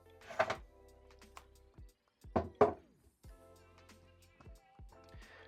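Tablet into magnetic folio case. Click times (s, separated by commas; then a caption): 2.6 s. An iPad tablet is lined up and pressed home into a MOFT Dynamic Folio magnetic case, with handling thumps near 0.4 s and 2.4 s and music playing underneath. The tablet clicks into place at 2.6 s.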